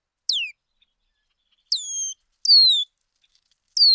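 Bird calls: four high whistled notes sliding downward, one steeply falling and others flatter, with long gaps between.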